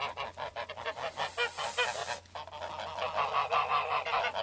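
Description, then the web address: Goose: geese give rapid, repeated nasal honks, several birds calling together in an uneven, chattering stream over a low background hum. Geese in a village. "gusi v derevne"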